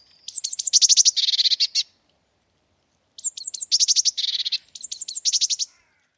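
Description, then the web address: Eurasian blue tit calls: a few thin, sharp downslurred notes running into a dry, buzzy churring rattle, in three bursts over about six seconds. No other sounds. "cianscape birddata Deverinetal 2025 File origin Bird Only Cy Ca"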